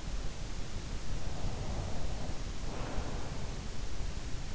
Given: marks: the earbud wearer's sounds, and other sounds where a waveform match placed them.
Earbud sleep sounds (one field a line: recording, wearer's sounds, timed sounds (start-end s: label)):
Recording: sounds in sleep by an in-ear microphone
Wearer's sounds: breath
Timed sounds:
1.34-3.74 s: breath